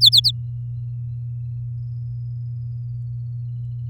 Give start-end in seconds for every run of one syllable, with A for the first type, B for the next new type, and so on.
0.01-0.31 A